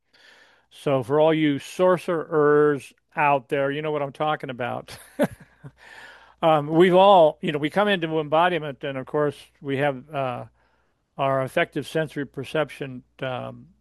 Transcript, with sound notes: So for all you sourcer-ers out there, you know what I'm talking about. (laughs) Um, we've all... You know, we come into embodiment and, of course, we have, uh, our effective sensory perception,